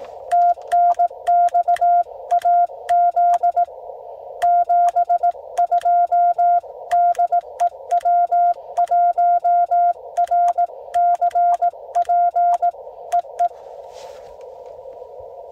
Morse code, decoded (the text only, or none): TNX AZ 72 DE W1RCP EE